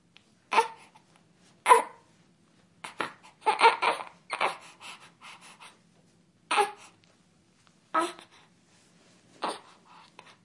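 Brief, breathy fussing cries with pauses between them from a two-week-old baby.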